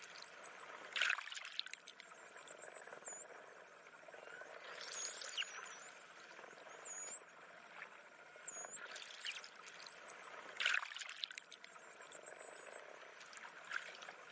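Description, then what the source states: Dolphin whistles, many high looping and rising-falling tones overlapping throughout, over a hissing, bubbly underwater background with a few louder bursts. Voices with whistles.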